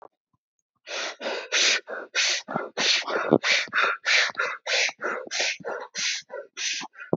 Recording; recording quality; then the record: shallow breathing; excellent, no background noise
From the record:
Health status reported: healthy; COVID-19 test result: not tested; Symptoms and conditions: none ticked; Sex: male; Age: 39 years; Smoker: not ticked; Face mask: worn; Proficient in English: yes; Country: India